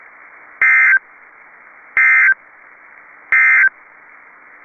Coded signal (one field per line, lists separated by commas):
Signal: Emergency Alert System (SAME) tones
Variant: end-of-message bursts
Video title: PDS Tornado Warning | EAS #519